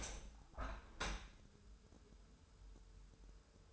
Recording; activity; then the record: daily activity, microphone in the room; open window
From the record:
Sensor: 2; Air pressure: 1014.8 hPa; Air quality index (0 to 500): 28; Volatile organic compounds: 1 ppm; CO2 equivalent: 521 ppm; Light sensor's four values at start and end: 8/19/8/8 and 8/20/8/8